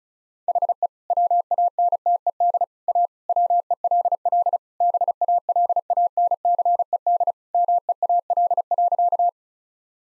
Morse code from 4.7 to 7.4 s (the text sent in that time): BALANCED